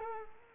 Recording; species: mosquito wingbeat signal from an infrared sensor; Culex pipiens